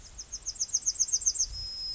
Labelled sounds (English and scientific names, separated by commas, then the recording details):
Yellowhammer (Emberiza citrinella) song
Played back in grassland
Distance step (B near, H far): D
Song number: 018